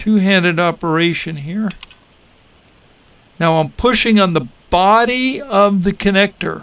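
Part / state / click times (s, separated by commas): battery connector into circuit board header / not seated / none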